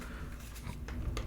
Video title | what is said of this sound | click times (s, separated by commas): Lie Down, Recline, and Relax with your Quest 3 & 3s and this Head Strap - Kiwi Design K4 Flex Review | the pressure towards the front, and you could hear it click | 1.2 s